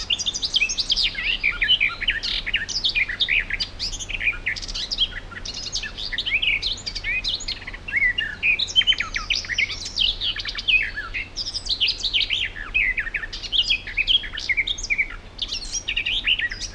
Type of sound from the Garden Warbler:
song